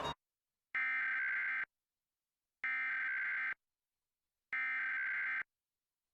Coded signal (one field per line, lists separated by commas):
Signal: Emergency Alert System (SAME) tones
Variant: header bursts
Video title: U.S National Periodic EAS Test Oct 2023